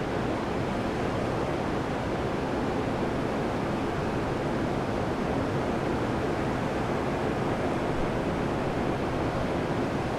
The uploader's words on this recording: Pacific City's coast. Steady sounds of the surf as the tide went up in an afternoon near Pacific City, Oregon.